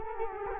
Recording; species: mosquito wingbeat signal from an infrared sensor; Culex quinquefasciatus